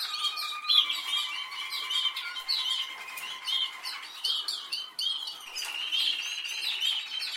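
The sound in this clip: Canary singing in busy bursts of chirps and trills over sustained rolling tones, with a brief pause before the song resumes.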